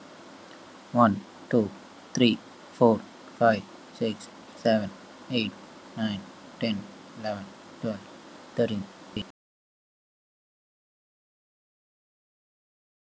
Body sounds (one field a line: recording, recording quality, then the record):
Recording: counting at a normal pace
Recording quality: excellent, no background noise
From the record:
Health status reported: healthy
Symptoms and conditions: none ticked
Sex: male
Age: 25 years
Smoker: not ticked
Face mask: not worn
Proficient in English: yes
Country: India